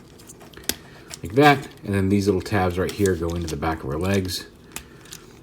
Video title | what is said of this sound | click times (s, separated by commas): Video Review: Transformers Generations Selects - Autobot LANCER | this down make sure this is snapped into place here like | 0.7 s